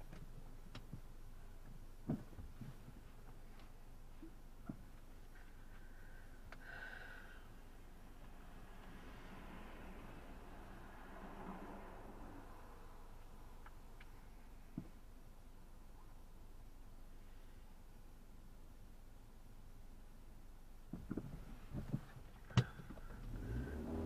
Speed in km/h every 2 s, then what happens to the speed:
0, 0, 0, 0, 0, 0, 0, 0, 0, 0, 0, 0.
0-24 standing.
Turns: none.